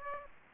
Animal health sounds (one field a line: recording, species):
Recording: mosquito wingbeat signal from an infrared sensor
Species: Aedes aegypti